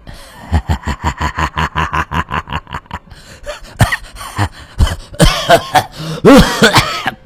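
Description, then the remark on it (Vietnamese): An old man's long run of rapid, rhythmic bursts of cackling laughter rises into harsher, ragged hacking as the laughter breaks into a heavy coughing fit, with gasping wheezes near the end. “Lão Ninh Thọt cười lên sằng sặc. Vì vậy cơn ho cũng phát tác.”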